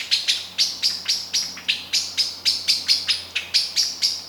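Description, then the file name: Eurasian blackbird chinking in a regular rhythm, sharp metallic notes evenly spaced throughout. "Turdus merula"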